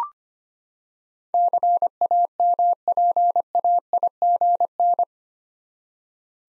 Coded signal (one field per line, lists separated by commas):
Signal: Morse code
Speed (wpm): 25 wpm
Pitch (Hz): 700 Hz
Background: none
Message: CAMPAIGN